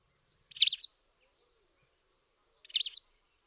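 White wagtail call, two crisp, slightly slurred two-syllable chirps about two seconds apart, nothing else audible.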